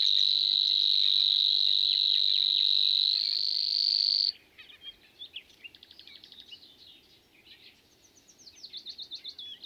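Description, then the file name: Savi's warbler song, a sustained buzzing reel that rises slightly and cuts off after about four and a half seconds, followed by scratchy chattering phrases from another bird. "Snor"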